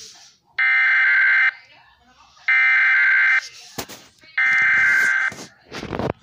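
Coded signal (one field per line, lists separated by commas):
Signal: Emergency Alert System (SAME) tones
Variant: header bursts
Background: speech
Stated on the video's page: Snow squall warning relayed through a TFT EAS 911 unit.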